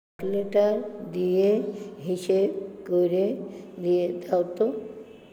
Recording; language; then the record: elicited speech; Bengali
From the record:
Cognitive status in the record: dementia